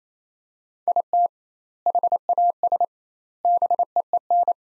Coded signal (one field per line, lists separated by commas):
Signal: Morse code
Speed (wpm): 28 wpm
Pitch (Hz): 700 Hz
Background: none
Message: IT HAS BEEN